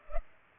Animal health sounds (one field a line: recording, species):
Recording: mosquito wingbeat signal from an infrared sensor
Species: Culex pipiens